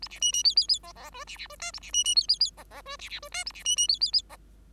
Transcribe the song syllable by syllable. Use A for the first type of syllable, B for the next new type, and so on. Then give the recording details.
A B C C D D D E E F B B F G A B C C D D D E E F B B F G A B C C D D D E. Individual Bird5